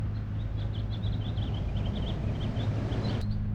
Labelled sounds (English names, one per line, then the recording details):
House Finch song
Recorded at Lynbrook on Long Island, New York, on 17 June 1975
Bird A